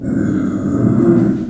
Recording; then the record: squeal of a Yucatan mini pig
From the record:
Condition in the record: after surgery on the right vocal fold (resection and tissue-engineered implant); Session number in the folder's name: 5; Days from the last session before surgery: 33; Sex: female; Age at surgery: 19 weeks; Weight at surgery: 25 kg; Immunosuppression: prednisolone